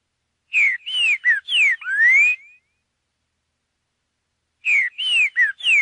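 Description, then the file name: Green-winged saltator song, a phrase of rich downslurred whistles closing with an upward sweep, then a second phrase begins after a pause of about two seconds. "suara trincaferro omkicau"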